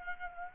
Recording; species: mosquito wingbeat signal from an infrared sensor; Aedes aegypti